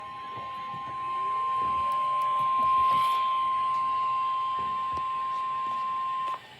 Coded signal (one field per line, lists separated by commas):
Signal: Emergency Alert System (SAME) tones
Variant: 1050 Hz attention tone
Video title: Flash Flood Warning (EAS #364)